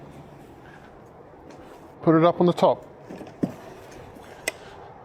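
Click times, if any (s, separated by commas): 4.5 s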